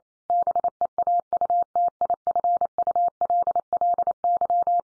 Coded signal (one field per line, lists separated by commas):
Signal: Morse code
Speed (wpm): 28 wpm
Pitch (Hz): 700 Hz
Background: none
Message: BEAUTIFULLY